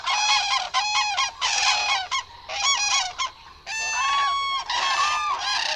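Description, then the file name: Common crane calls, loud trumpeting honks in rich bursts, repeated almost continuously with brief gaps. "ZURAW"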